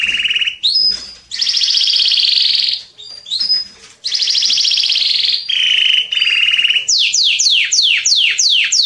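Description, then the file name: Canary song with loud buzzy trills and rolls alternating in pitch, brief pauses between phrases, and a closing series of quick descending sweeps. "Canary Voice"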